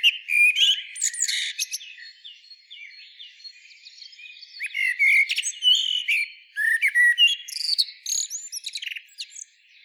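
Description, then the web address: Common blackbird singing flowing low whistles mixed with high, scratchy twitters, in two main phrases with a softer passage between. "SETE data Turdus merula"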